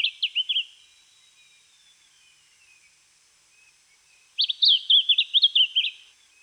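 Lemon-bellied flycatcher singing two lively phrases of bright, wavering whistles separated by a pause of nearly four seconds, with faint high hiss between them.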